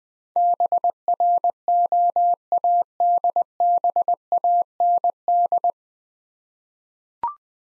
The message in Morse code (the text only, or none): BROADBAND